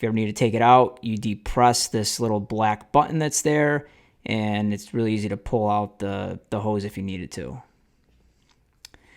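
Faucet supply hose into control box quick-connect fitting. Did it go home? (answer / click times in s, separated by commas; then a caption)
yes / 8.9 s. Someone talks as the water supply hose of a U by Moen smart faucet is pushed back into the quick-connect fitting on the faucet's control box after being released. After the talking stops, a few faint handling sounds are followed by a sharp little click at 8.9 s as the hose seats and locks in.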